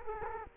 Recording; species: mosquito wingbeat signal from an infrared sensor; Culex quinquefasciatus